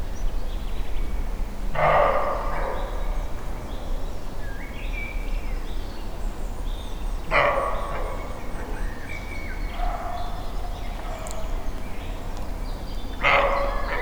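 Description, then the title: Roe deer alarm calls: three coarse, gruff barks several seconds apart, with bird song and chirps audible in the gaps and a low steady hum underneath. Single startled roe deer giving fright barks, Weinschnait near Neuffen, Germany; recorded with a Sony PCM-D50 recorder. "Weinschnait, Neuffen, Deutschland - barking roe deer"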